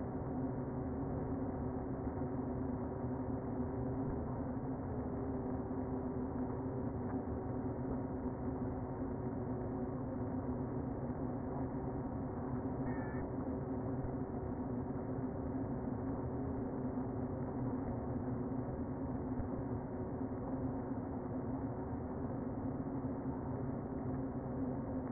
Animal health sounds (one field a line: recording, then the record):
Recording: honeybee colony, microphone inside the hive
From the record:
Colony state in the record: queen present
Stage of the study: before two queens were removed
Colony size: about 60,000 bees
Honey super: yes